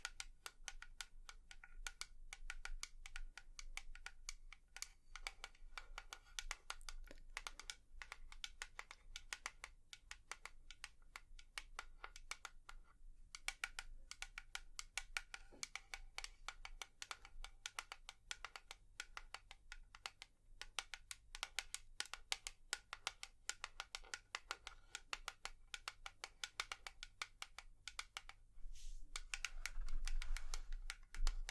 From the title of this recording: Tapping